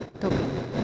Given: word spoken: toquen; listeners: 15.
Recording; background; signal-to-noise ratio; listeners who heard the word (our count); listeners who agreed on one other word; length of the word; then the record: one Spanish word in noise, from a listening test; noise modulated by three-talker babble; -3.7 dB; 0 of 15; 6 of 15; 0.44 s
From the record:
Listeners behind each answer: 6, 3, 3, 2, 1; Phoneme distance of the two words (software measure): 10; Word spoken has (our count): 2 syllables, 5 phonemes, stress on syllable 1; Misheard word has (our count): 2 syllables, 5 phonemes, stress on syllable 1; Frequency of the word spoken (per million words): 1.59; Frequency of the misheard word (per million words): 6.84